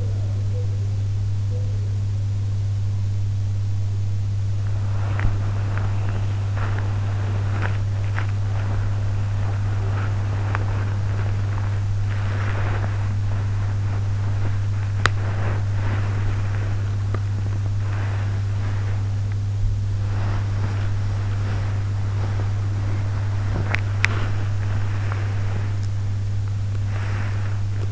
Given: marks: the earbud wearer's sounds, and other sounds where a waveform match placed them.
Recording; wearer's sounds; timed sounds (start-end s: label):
sounds in sleep by an in-ear microphone; teeth grinding, body movement
0.00-2.30 s: teeth grinding
4.90-27.92 s: body movement
14.94-15.19 s: teeth grinding
23.66-24.14 s: teeth grinding